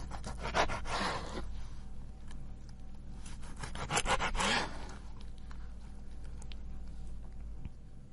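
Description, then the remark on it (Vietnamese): A knife works on a wooden cutting board, stripping meat from bones: two longer rasping, scraping bursts with scattered faint taps and clicks between them, fairly steady in loudness, with no one talking. “Đến bây giờ cụ Lý lại tiếp tục nghe cái tiếng dao thớt xì xoẹp đấy, cũng lại tiếp tục thêm một cơn rùng mình nữa.”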